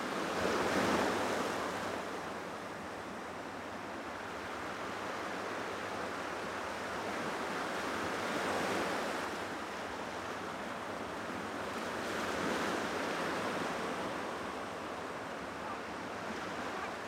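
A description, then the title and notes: Waves break against rocks in a dense, hissing wash, swelling into louder surges near the start, around eight seconds and again around twelve. Beneath the surf runs a faint, steady low thrum, like a boat engine. Evening at Hazard Rock, Narragansett, Rhode Island. The sound of waves hitting the rocks on a perfect August evening. You can faintly hear the thrumming of a fishing boat returning to Galilee.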